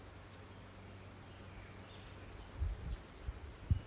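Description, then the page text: Black-and-white warbler song: a thin, very high squeaky series of quick paired notes running steadily for about three seconds, with low thumps and rumble underneath near the end. Recorded in Maryland. "Black-and-white Warbler by Josh Emm"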